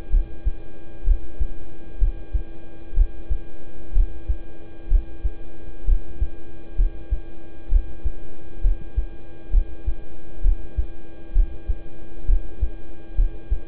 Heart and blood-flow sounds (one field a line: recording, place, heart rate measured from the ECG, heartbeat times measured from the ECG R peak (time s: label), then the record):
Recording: heart sounds by stethoscope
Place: between the tricuspid and mitral areas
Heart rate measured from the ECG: 64 bpm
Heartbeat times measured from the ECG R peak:
0.10 s: heartbeat
1.04 s: heartbeat
1.98 s: heartbeat
2.94 s: heartbeat
3.92 s: heartbeat
4.88 s: heartbeat
5.85 s: heartbeat
6.75 s: heartbeat
7.68 s: heartbeat
8.61 s: heartbeat
9.50 s: heartbeat
10.41 s: heartbeat
11.32 s: heartbeat
12.25 s: heartbeat
13.15 s: heartbeat
From the record:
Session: rest, lying down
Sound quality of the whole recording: good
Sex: male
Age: 26 years